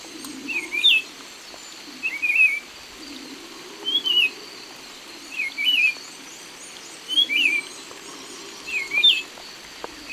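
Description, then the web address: Buff-throated saltator song: six brief warbled whistle phrases with rising and falling slurs, spaced roughly every one and a half seconds. Song, recorded in the eastern lowlands of South America. "Natures Songs S America Eastern Lowlands. Saltator maximus, song"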